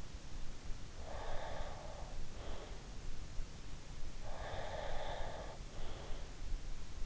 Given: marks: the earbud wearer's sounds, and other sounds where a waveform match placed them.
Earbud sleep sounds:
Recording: sounds in sleep by an in-ear microphone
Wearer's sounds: breath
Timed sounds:
1.11-2.75 s: breath
4.23-6.28 s: breath

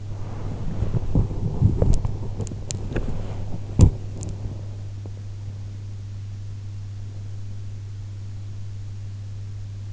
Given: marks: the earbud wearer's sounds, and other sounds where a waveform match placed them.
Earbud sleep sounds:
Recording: sounds in sleep by an in-ear microphone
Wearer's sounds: body movement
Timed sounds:
0.00-4.75 s: body movement

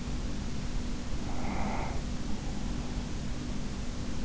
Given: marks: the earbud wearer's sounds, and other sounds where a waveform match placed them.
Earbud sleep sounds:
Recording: sounds in sleep by an in-ear microphone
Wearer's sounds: breath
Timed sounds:
0.86-3.15 s: breath

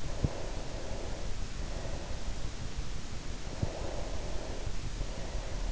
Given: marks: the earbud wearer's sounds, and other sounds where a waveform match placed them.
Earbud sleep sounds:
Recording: sounds in sleep by an in-ear microphone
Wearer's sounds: breath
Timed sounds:
0.22-2.43 s: breath
3.21-5.68 s: breath

